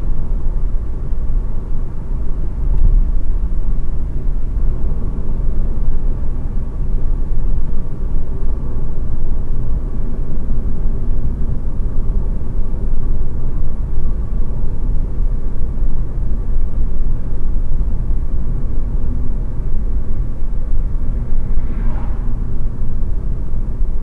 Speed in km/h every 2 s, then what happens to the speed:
86, 88, 90, 88, 86, 86, 83, 83, 83, 82, 80, 77.
0-5 steady at about 88. 5-24 slows to 77.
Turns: none.